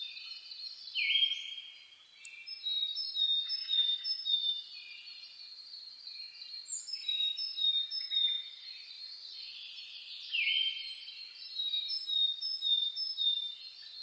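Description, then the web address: Birdsong chorus, a dense tangle of high whistles, twitters and rapid trills from several birds singing together without pause. Dawn chorus (reimei) of birdsong (saezuri), recorded 10 May 2010. "reimei DH-D 50-saezuri-20100510-0401"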